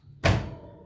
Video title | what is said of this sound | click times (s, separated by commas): Review Breeding Cage (Gabbia cova) 90cm Positano from 2GR | that! it snapped into place and | 0.3 s